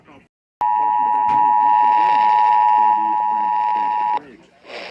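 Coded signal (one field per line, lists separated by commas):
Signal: Emergency Alert System (SAME) tones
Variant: 853 and 960 Hz attention tone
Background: speech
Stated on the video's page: Ohio Required Weekly Test on EAS/NOAA Weather Radio.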